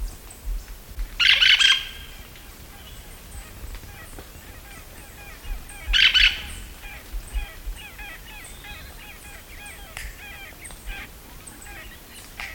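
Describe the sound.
Hispaniolan parakeet giving two bursts of harsh screeches about five seconds apart, with soft chattering of other birds in between.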